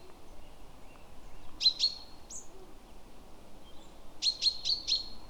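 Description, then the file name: Great tit calls: a pair of sharp high notes, a lone short note, then a fast run of four clipped ticking notes near the end, over a steady low background hiss. "Parus major"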